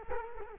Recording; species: mosquito wingbeat signal from an infrared sensor; Culex quinquefasciatus